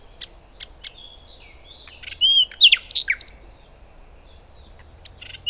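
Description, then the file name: Common nightingale song: soft scattered clicks and a thin whistle, building into a brief loud burst of rich, varied notes, then quieter ticks before another loud note at the end. "Luscinia megarhynchos"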